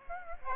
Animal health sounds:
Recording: mosquito wingbeat signal from an infrared sensor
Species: Aedes aegypti

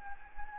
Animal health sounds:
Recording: mosquito wingbeat signal from an infrared sensor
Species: Anopheles gambiae

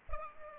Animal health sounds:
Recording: mosquito wingbeat signal from an infrared sensor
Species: Culex pipiens

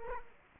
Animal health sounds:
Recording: mosquito wingbeat signal from an infrared sensor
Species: Culex quinquefasciatus

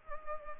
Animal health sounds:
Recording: mosquito wingbeat signal from an infrared sensor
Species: Culex pipiens

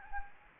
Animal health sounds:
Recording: mosquito wingbeat signal from an infrared sensor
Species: Anopheles gambiae

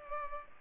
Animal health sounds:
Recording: mosquito wingbeat signal from an infrared sensor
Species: Culex pipiens

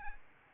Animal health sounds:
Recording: mosquito wingbeat signal from an infrared sensor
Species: Aedes albopictus

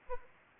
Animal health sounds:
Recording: mosquito wingbeat signal from an infrared sensor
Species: Anopheles arabiensis

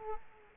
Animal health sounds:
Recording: mosquito wingbeat signal from an infrared sensor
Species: Culex quinquefasciatus

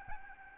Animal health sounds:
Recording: mosquito wingbeat signal from an infrared sensor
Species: Aedes albopictus

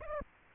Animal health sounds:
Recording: mosquito wingbeat signal from an infrared sensor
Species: Aedes aegypti

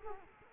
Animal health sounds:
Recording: mosquito wingbeat signal from an infrared sensor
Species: Culex quinquefasciatus

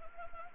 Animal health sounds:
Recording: mosquito wingbeat signal from an infrared sensor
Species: Anopheles gambiae

